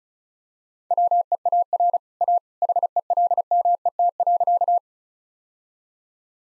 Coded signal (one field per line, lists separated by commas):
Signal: Morse code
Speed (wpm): 34 wpm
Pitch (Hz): 700 Hz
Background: none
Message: WEAR A HELMET.